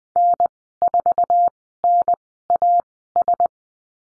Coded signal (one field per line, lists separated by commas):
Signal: Morse code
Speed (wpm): 20 wpm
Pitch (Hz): 700 Hz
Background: none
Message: N4NAS